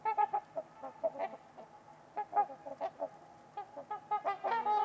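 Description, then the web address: Trumpeter swans calling rapidly, a steady string of short nasal honks from several birds overlapping throughout. Trumpeter swans on a winter's eve at Winters Lake in a deep, quiet valley. "Trumpeter Swans on a Winter's Eve. Nick-Mc Mahan Winters-Lake-with-Swan. Wind Is the Original Radio"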